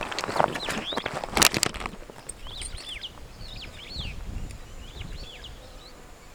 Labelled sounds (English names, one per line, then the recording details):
Superb Starling flight call
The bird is a male
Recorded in Kenya on 24 May 2010
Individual 18, of group CF2